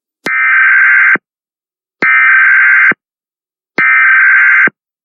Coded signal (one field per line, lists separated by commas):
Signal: Emergency Alert System (SAME) tones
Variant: header bursts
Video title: EAS Bonus: A Chaotic Disturbance